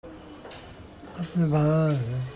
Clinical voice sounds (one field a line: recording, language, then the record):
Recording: elicited speech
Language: Bengali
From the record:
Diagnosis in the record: Broca's or global aphasia after a stroke